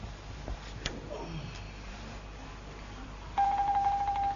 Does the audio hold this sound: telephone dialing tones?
yes